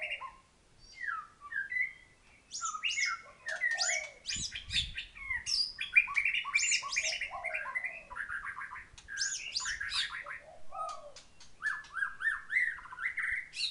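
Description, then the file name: White-rumped shama singing a fast, varied medley of clear whistles, rising and falling slurs and sharp chattering clicks, with short pauses between bursts. Thailand. "suara murai thailand"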